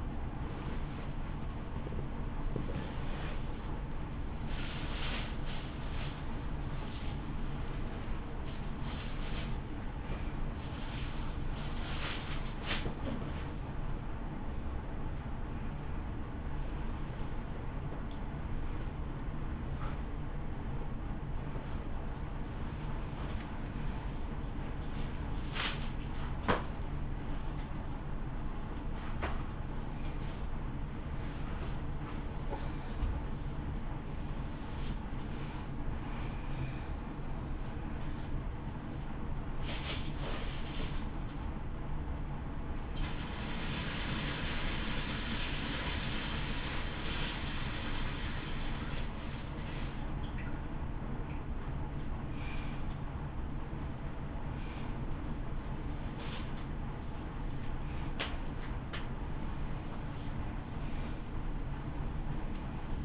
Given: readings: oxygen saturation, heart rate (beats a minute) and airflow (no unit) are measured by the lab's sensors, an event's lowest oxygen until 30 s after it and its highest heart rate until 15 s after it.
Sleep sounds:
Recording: a person awake in a sleep study, by a smartphone at the bedside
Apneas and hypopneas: none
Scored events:
0.00-63.05 s: awake
From the record:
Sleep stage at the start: awake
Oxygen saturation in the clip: 91 to 95%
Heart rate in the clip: 38 to 78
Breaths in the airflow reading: 14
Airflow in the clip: -10.2 to 4.6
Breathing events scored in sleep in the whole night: 328 in 6.3 hours asleep

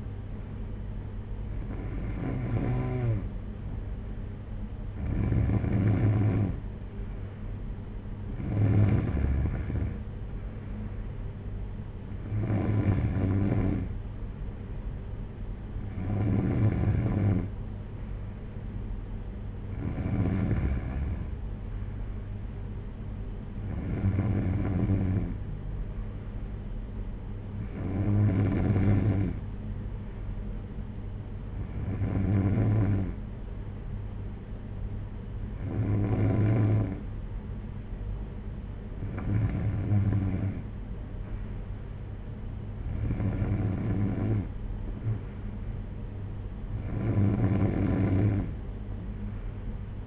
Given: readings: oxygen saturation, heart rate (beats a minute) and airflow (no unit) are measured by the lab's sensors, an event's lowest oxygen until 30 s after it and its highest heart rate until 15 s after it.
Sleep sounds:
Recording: breathing in sleep by a smartphone at the bedside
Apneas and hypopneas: none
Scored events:
none scored
From the record:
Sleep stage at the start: N3 (deep sleep)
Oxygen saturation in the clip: 92 to 94%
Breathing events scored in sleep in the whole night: 226 in 8.8 hours asleep

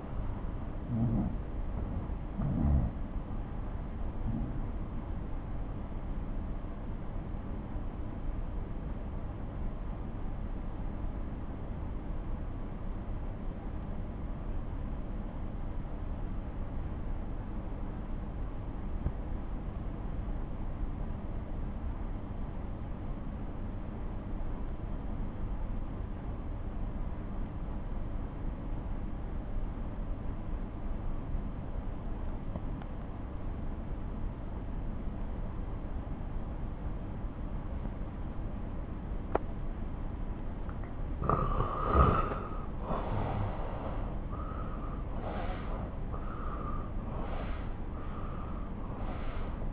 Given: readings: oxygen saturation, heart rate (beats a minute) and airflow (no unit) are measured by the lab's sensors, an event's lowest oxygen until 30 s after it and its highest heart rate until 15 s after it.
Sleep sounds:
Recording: breathing in sleep by a smartphone at the bedside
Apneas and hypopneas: 1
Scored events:
3.00-40.60 s: obstructive apnea (N2, oxygen 96% highest, then 85% lowest)
From the record:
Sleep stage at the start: N2 (light sleep)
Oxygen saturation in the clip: 84 to 96%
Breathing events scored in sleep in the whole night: 217 in 6.3 hours asleep

